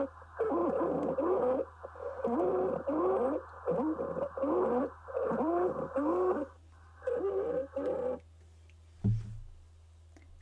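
Repeated harsh, musical, very high-pitched breathing noises, unlike other lung sounds: stridor, a sign of a narrowed upper airway, usually loud enough to be heard without a stethoscope from a few feet away.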